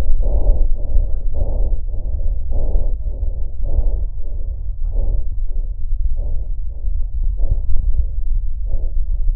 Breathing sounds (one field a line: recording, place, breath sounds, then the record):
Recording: lung sounds by stethoscope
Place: right posterior middle chest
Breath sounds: normal breath sounds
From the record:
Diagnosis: none (healthy)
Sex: male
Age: 75 years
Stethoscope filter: extended mode, 50 to 500 Hz